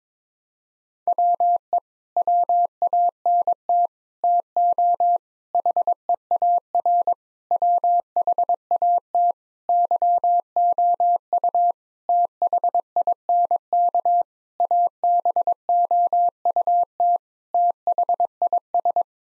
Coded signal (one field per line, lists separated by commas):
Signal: Morse code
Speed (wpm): 22 wpm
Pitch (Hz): 700 Hz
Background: none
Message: WE WANT TO HEAR WHAT YOU THINK ABOUT THIS